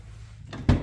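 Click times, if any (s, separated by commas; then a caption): none. A swapped and aligned door on an Acura Integra GS-R is handled and swung toward the striker on the body with a light close, after it previously had to be slammed. Over a low steady hum, a brief knock comes at 0.5 s, then a louder, deeper thump near 0.7 s that fades out. Nothing has latched or seated yet.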